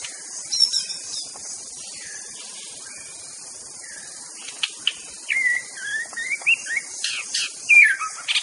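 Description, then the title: White-rumped shama song: soft varied whistled phrases and short slurred notes, growing livelier toward the end, against continuous high-pitched insect noise. Wild bird in forest; natural, original song. "Kicau Asli Murai Batu Hutan"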